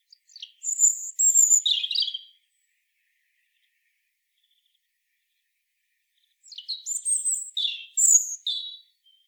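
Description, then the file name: European robin singing two bursts of high, varied whistles and trills about four seconds apart, with quiet in between. "Erithacus rubecula"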